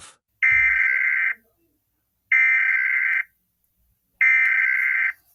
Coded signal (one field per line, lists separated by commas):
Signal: Emergency Alert System (SAME) tones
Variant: header bursts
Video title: the Pacific Northwest squall from hell EAS scenario part 1